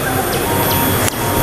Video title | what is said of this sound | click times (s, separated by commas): CARA PASANG TENDA WILDSHELL NAVAGEO 2 MUDAH DAN CEPAT ALA RIR OUTDOOR | tuh cuman harus benar-benar dipastikan dia tuh sampai ada bunyinya klik | 1.1 s